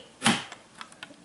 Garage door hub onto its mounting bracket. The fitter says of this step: get it lined up there, and it snaps into place.